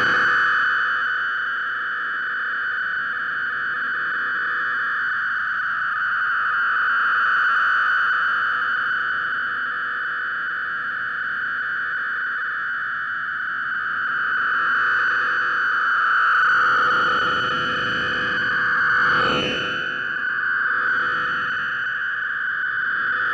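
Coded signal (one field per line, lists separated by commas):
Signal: fast PSK data mode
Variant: robust PSK (PSKR)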